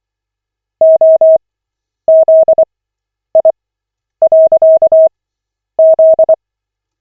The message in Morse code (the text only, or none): OZI.Z